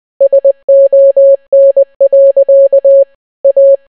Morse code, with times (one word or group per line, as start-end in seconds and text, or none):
0.2-3.0 SON.
3.4-3.8 A